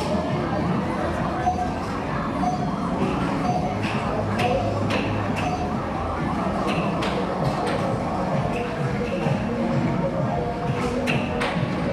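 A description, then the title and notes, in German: A gaming arcade fills the scene with a dense, steady wash of crowd chatter and murmuring voices. Short bright clicks and taps cut through every second or so, some in quick clusters, over a constant low rumble. Klangreise in eine euphorische Gaming Arcade. Automaten, spielende Menschen.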